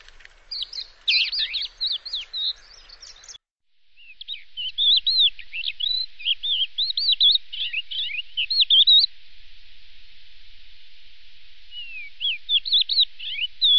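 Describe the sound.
Bird calls: rapid high chirps and twittering notes in dense bursts, with a short silent break before the chattering resumes.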